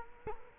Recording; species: mosquito wingbeat signal from an infrared sensor; Culex quinquefasciatus